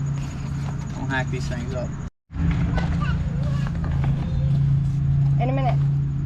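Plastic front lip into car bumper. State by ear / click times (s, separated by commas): not seated / none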